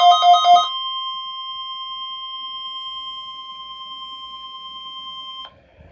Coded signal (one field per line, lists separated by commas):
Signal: Emergency Alert System (SAME) tones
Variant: 1050 Hz attention tone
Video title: RWT (EAS#1)